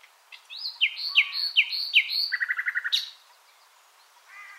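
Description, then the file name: Common nightingale song: a series of loud slurred whistled notes followed by a fast rattling trill of evenly spaced pulses, then a brief sharp note. "Luscinia megarhynchos"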